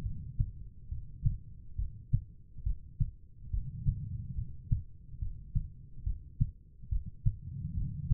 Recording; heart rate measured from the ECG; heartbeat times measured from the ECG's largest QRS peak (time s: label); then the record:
heart sounds by stethoscope; 70 bpm
0.03 s: heartbeat
0.89 s: heartbeat
1.76 s: heartbeat
2.63 s: heartbeat
3.51 s: heartbeat
4.35 s: heartbeat
5.19 s: heartbeat
6.04 s: heartbeat
6.89 s: heartbeat
7.74 s: heartbeat
From the record:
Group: healthy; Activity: rest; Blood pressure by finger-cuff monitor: 101/66 mmHg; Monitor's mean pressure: 80 mmHg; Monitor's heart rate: 69 bpm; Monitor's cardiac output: 5.3 L/min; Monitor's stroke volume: 76 mL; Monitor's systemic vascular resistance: 1100 dyn s/cm5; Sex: female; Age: 43 years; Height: 160 cm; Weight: 90 kg